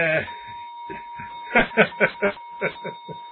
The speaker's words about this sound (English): the clock is going again. It's tea time all again already. Over. It's tea and breakfast time again already.